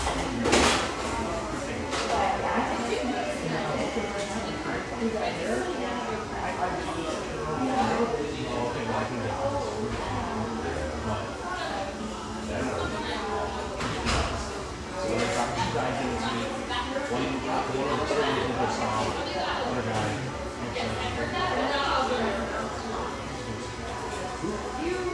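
Lively ambience in a rustic bayside coffeeshop, with many voices talking at once in a steady, dense murmur. Sharp clatters and knocks, like cups or doors, pop out every few seconds, notably near the start and around fourteen seconds, while a low hum runs underneath.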